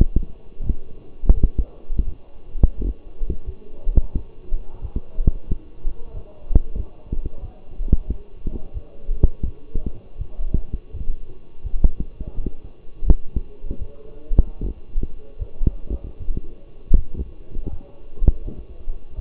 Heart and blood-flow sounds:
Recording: heart sounds by stethoscope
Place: between the tricuspid and mitral areas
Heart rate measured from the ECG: 84 bpm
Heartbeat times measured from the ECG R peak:
0.63 s: heartbeat
1.33 s: heartbeat
2.05 s: heartbeat
2.76 s: heartbeat
3.45 s: heartbeat
4.14 s: heartbeat
4.81 s: heartbeat
5.47 s: heartbeat
6.13 s: heartbeat
6.76 s: heartbeat
7.41 s: heartbeat
8.07 s: heartbeat
8.73 s: heartbeat
9.44 s: heartbeat
10.17 s: heartbeat
10.92 s: heartbeat
11.63 s: heartbeat
12.34 s: heartbeat
13.05 s: heartbeat
13.78 s: heartbeat
14.59 s: heartbeat
15.38 s: heartbeat
16.18 s: heartbeat
16.95 s: heartbeat
17.69 s: heartbeat
18.44 s: heartbeat
19.15 s: heartbeat
From the record:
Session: walking at 3.7 km/h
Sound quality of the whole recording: partially saturated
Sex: male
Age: 24 years

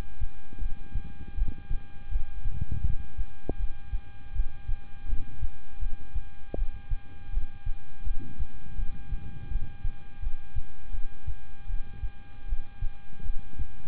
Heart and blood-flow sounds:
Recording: heart sounds by stethoscope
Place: between the tricuspid and mitral areas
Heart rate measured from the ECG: 81 bpm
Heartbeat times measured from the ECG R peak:
0.59 s: heartbeat
1.35 s: heartbeat
2.09 s: heartbeat
2.82 s: heartbeat
3.57 s: heartbeat
4.33 s: heartbeat
5.06 s: heartbeat
5.80 s: heartbeat
6.55 s: heartbeat
7.31 s: heartbeat
8.04 s: heartbeat
8.76 s: heartbeat
9.49 s: heartbeat
10.20 s: heartbeat
10.92 s: heartbeat
11.67 s: heartbeat
12.46 s: heartbeat
13.23 s: heartbeat
From the record:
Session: rest, lying down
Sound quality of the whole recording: good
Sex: male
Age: 26 years

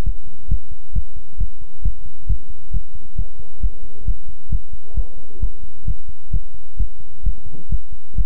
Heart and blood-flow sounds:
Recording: heart sounds by stethoscope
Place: between the tricuspid and mitral areas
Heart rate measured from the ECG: 133 bpm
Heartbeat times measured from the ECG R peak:
0.03 s: heartbeat
0.48 s: heartbeat
0.93 s: heartbeat
1.37 s: heartbeat
1.82 s: heartbeat
2.26 s: heartbeat
2.71 s: heartbeat
3.16 s: heartbeat
3.60 s: heartbeat
4.05 s: heartbeat
4.49 s: heartbeat
4.94 s: heartbeat
5.40 s: heartbeat
5.85 s: heartbeat
6.30 s: heartbeat
6.77 s: heartbeat
7.23 s: heartbeat
7.69 s: heartbeat
8.15 s: heartbeat
From the record:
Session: pedaling a stationary bicycle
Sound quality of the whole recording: good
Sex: male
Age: 24 years

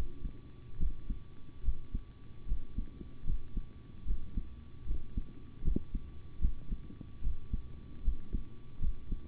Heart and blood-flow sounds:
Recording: heart sounds by stethoscope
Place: between the tricuspid and mitral areas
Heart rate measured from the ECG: 75 bpm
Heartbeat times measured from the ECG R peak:
0.78 s: heartbeat
1.63 s: heartbeat
2.46 s: heartbeat
3.25 s: heartbeat
4.05 s: heartbeat
4.85 s: heartbeat
5.63 s: heartbeat
6.40 s: heartbeat
7.21 s: heartbeat
8.02 s: heartbeat
8.80 s: heartbeat
From the record:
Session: rest, sitting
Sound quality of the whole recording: good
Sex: male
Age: 25 years

